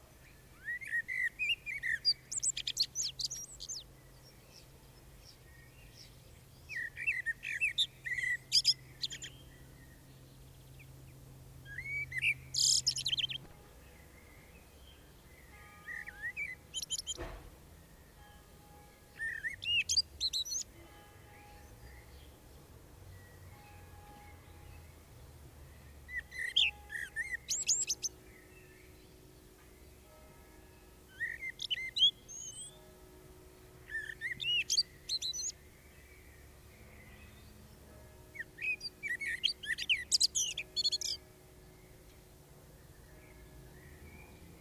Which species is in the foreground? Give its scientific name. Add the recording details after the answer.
Turdus merula. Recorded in the wild. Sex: male. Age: adult. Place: Bielefeld-Mitte, Nordrhein-Westfalen, DE. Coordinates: 52.0075, 8.54806. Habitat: residential district. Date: 1969-05-31. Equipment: Uher 4000 Report-S, Bändchenmikro Beyer M 260, Parabolspiegel Polyester (470 mm). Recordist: Conrads, Klaus. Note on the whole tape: Bielefeld, Am Tiefen Weg 16. Männchen auf dem Haus: Gesang